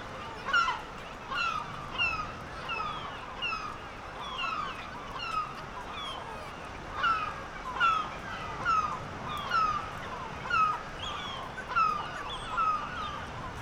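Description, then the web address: Black-legged kittiwake giving loud nasal calls in repeated rhythmic bursts, with a quieter crowd of calling birds behind. "sound Black-legged-kittiwake. صدای-پرنده-کاکایی-پاسیاه"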